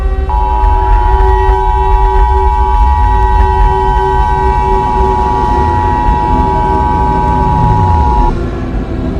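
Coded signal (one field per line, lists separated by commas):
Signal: Emergency Alert System (SAME) tones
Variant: 853 and 960 Hz attention tone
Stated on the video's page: Fictional Emergency Alert System scenario, not a real broadcast.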